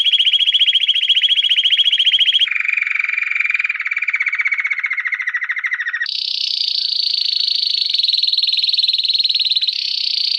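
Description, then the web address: Canary singing successive buzzy rolling trills, first mid-pitched, then lower and gently falling, then a long high trill with a slight break before it resumes. "Music Canary Canary Singing"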